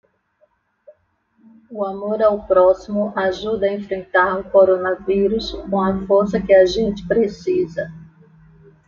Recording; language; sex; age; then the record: spoken sentence; Brazilian Portuguese; female; 50 to 59 years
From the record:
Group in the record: control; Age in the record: 57 years